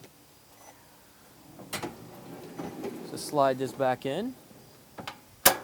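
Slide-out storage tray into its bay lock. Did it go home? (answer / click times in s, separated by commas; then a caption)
yes / 5.5 s. Someone talks as a full pass-through slide-out storage tray on a 2012 Newmar Essex 4544 is slid back into its bay, with a couple of faint ticks near 5.0 and 5.1 seconds. The tray latches with a sharp, loud click at 5.5 seconds, locking into place.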